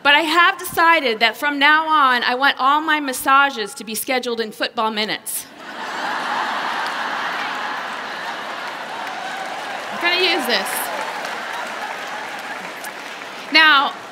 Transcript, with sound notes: But I have decided that, from now on, I want all my massages to be scheduled in “football minutes!” (laughter) I’m gonna use this! Now,